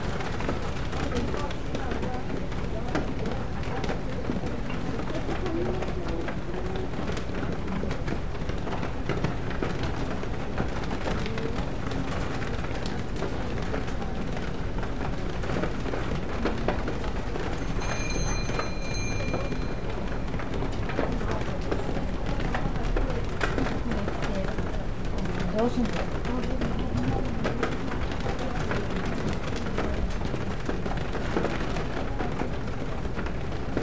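Rain patters steadily on a bookstore window, a dense, even hiss of fine drops that holds the same level throughout. A low murmur of voices sits underneath, and around eighteen seconds a brief high chiming tone rings out twice.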